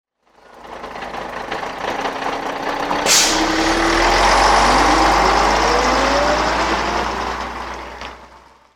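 A bus engine rumbles steadily for several seconds, with a sharp hiss of air brakes early on and a rising mechanical whine as it revs and pulls away. No one speaks.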